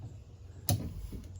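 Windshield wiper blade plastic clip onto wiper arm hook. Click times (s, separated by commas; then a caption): 0.7 s. A windshield wiper blade's plastic adapter clip on a Toyota Tundra is hooked onto the wiper arm hook and pushed down while its two plastic tabs are pinched. A sharp plastic snap is heard at 0.7 s, followed by a faint tick near 1.4 s. The blade clip is seated on the arm.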